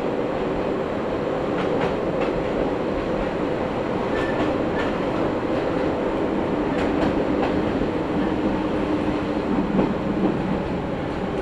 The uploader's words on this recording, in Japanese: 伊豆箱根鉄道 大雄山線 大雄山→穴部。細い路地に割り込んだ感じの駅で線路を渡る踏切も随分と狭い場所にありました。